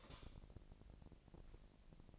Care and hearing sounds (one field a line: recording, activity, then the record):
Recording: daily activity, microphone in the room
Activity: light off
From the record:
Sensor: 5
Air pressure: 1002.0 hPa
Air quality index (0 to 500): 229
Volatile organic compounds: 32 ppm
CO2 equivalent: 2996 ppm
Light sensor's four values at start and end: 16/38/16/17 and 16/36/15/16